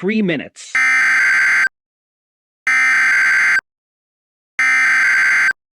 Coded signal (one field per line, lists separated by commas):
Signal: Emergency Alert System (SAME) tones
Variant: header bursts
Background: speech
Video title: Florida Tornado EAS SCENARIO | DISNEY IN DANGER| Pt 1